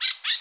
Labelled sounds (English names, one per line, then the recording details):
Brown-throated Parakeet contact call
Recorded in Bonaire
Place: just S of turnoff to Cai, near Lac Bay
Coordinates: 12.126, -68.239